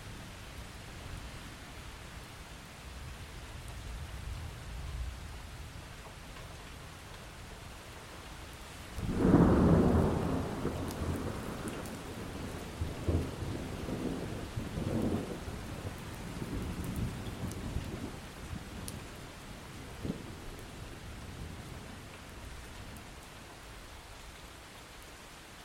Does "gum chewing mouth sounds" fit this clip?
no